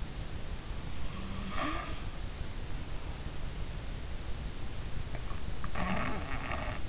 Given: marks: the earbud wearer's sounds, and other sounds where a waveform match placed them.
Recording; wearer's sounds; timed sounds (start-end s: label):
sounds in sleep by an in-ear microphone; snoring breath
1.14-2.04 s: snoring breath
5.01-6.74 s: snoring breath